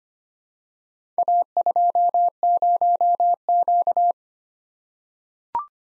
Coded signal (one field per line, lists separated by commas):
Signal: Morse code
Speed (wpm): 26 wpm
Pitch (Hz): 700 Hz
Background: none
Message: A20Q